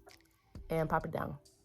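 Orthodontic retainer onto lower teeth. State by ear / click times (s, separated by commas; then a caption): not seated / none. A plastic and wire orthodontic retainer is handled over the lower teeth as it is about to be pushed down, with a few faint handling ticks early on and near 0.6 s while someone talks. The clip ends before the retainer snaps onto the lower teeth; nothing has seated or clicked yet.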